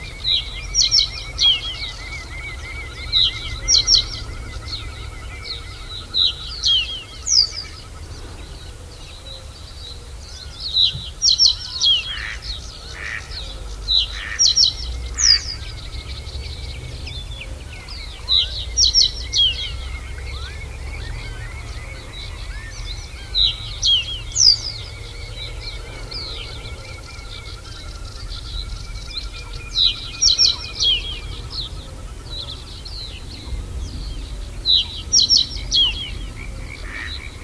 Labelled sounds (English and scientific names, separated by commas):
Reed Bunting (Emberiza schoeniclus)